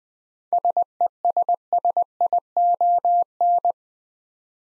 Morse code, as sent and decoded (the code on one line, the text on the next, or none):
... . ... ... .. --- -.
SESSION